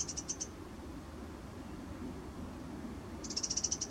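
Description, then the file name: Eurasian wren giving short, rapid high-pitched ticking rattles, one brief burst at the start and a longer run near the end, over a low steady background hum. "Troglodytes troglodytes"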